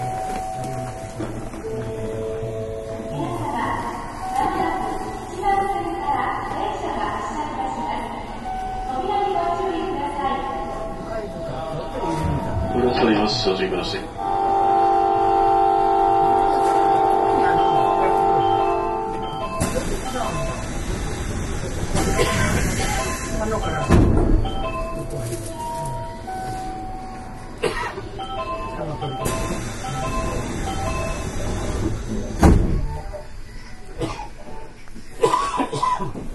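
Inside a Nankai 8300 series train, a steady running rumble carries rising and falling motor whines, with speech and sharp rattles breaking in.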